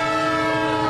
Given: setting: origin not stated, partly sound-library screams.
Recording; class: one-second piece from a danger detection set; normal situation